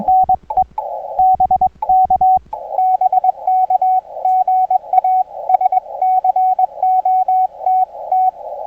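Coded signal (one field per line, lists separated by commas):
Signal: Morse code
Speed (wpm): 20 wpm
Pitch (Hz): 750 Hz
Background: radio noise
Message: NE BK BK GA SCOTT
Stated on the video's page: 20m CW POTA activation from a state recreation area on a Xiegu G90 at 20 W with a 20m delta loop antenna.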